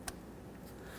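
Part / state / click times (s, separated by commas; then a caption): connector locking tab on ignition coil connector / seated / 0.1 s. A plastic locking tab on the ignition coil connector of a 2006-2010 Hummer H3 3.7L L5 is pressed closed after the connector has clicked on. A single sharp click sounds at 0.1 s over a low background hum. The lock tab snaps shut and the connector is seated.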